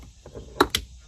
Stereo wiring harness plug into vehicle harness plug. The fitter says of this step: hear them snap together, pull on them a little bit.